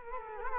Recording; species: mosquito wingbeat signal from an infrared sensor; Culex quinquefasciatus